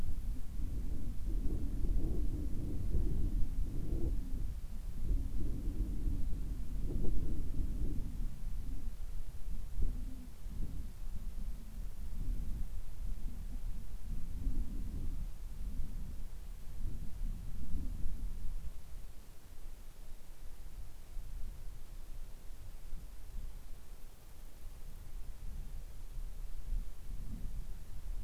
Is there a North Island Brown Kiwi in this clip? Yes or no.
no